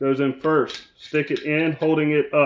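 Someone talks while a charging handle is inserted into an AR-15 upper receiver during reassembly, ready to be pushed forward until its latch engages. Only speech is heard, with no distinct click or impact, and the charging handle has not clicked home yet.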